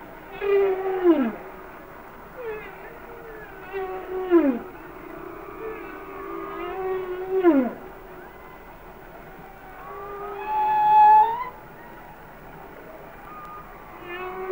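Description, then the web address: Humpback whale song of repeated moaning units, several sweeping steeply down, followed by a higher level tonal note. "Whale Songs Sounds of Nature - Humpback Whales"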